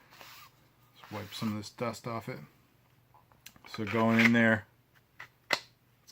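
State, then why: Seated. Someone talks while a Utica fixed-blade knife is slid into its kydex sheath, with faint scraping and small taps along the way. A small, quiet click at 5.5 s shows the knife has seated in the sheath.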